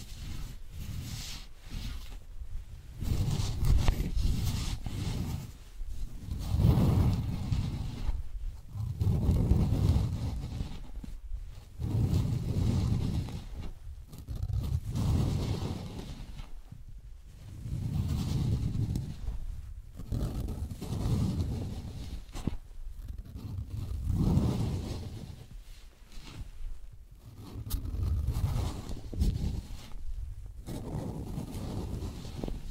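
Wooden balls roll in repeated low, rumbling swells every two to three seconds, separated by brief quiet gaps, with faint clicks above.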